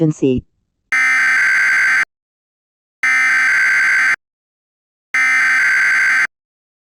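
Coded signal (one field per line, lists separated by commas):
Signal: Emergency Alert System (SAME) tones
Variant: header bursts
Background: speech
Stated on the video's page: Mock EAS alert, simulated, not real.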